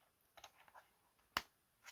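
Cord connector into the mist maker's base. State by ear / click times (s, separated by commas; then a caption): seated / 1.4 s. A cord end is pushed into the connecting spot on the side of the base of a Dollar Tree mist maker lighted cauldron, with faint handling taps around 0.4 to 0.7 s. A sharp plastic click sounds at 1.4 s as the power connector seats, confirming the part is connected.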